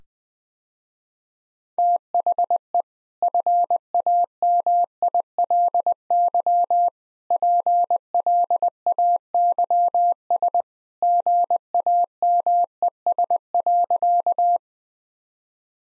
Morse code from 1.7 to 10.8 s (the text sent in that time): THE FAMILY PLAYS